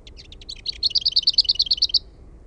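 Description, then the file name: Lesser whitethroat song: a few scratchy, twittering notes, then a dry, even rattle of about a dozen rapid notes on one high pitch, lasting just over a second. "HERNEKERTTU"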